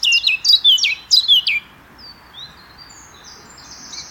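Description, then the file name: Eurasian blackcap: a loud run of quick, sharp down-slurred notes in the first second and a half, then faint high notes. "Sylvia atricapilla"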